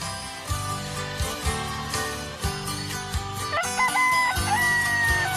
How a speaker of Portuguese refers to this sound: É o galo cantando, o dia clareando, moçada.